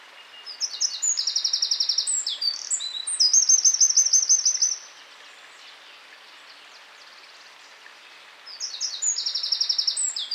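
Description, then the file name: Eurasian wren song: a rapid, high-pitched run of trills and sharp notes for about four seconds, a pause of several seconds, then a second song begins. "Troglodytes troglodytes"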